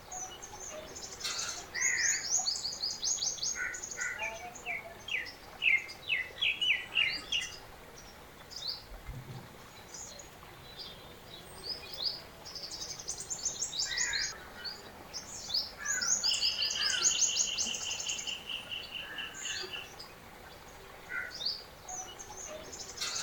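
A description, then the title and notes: Several birds sing and chirp almost without pause, with quick high trills and rapid runs of notes, some bright and thin, others lower and fuller. A steady, sustained whistled phrase stands out around the middle. Faint hush sits underneath throughout. The voice of birds.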